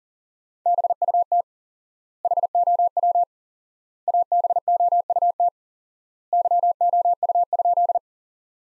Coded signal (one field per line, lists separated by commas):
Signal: Morse code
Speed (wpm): 40 wpm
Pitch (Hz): 700 Hz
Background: none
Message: BUT HOW ABOUT YOU?